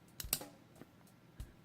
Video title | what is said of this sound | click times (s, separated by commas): Star Wars Episode 1 The Phantom Menace Armored Scout Tank with Battle Droid | line up with little notches and you just you'll hear click and | 0.2 s, 0.3 s